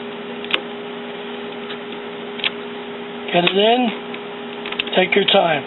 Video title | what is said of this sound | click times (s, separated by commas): How to install Canon IX6820 CIS-Continuous Ink Supply System | it in there make sure you got it in tight up front then you can click it in | 0.5 s, 2.4 s